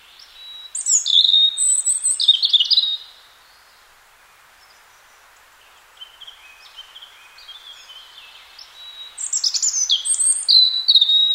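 Robin song: a bright burst of thin, high warbled notes, then quieter scratchy twittering, then another loud sparkling phrase of whistles and trills.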